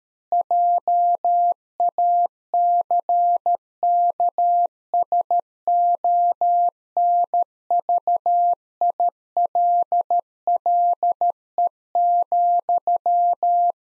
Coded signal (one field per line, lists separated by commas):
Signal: Morse code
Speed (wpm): 13 wpm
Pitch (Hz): 700 Hz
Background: none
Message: JACKSONVILLE,